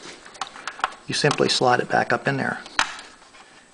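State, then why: Seated. A rocker switch on a Honda EU7000iS generator is slid back up into its plastic front-panel opening until its side clips catch. Someone talks over a few light taps, then a single sharp click at 2.8 s marks the switch snapping into place, seated.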